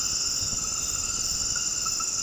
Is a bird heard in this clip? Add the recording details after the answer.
no. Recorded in dense forest near Puerto Asís, Putumayo, Colombia, on 18 February 2024 at 22:00. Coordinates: 0.486, -76.316. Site G6437